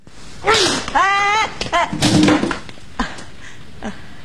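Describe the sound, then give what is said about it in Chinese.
A short pained vocal cry, then a cluster of punchy impact thuds, with two more sharp single hits spaced out after it, loud at first and fading to quieter blows, as an angry man punches a coworker at their workplace in the comedy show 北京欢乐时光 (2018). “大森气坏了，到了单位冲着小豆就是一拳。”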